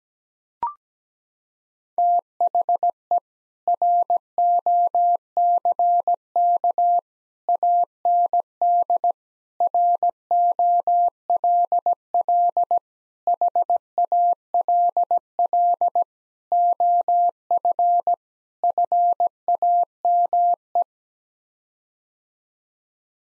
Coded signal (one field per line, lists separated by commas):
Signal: Morse code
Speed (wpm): 17 wpm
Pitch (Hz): 700 Hz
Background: none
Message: THE ROCK AND ROLL HALL OF FAME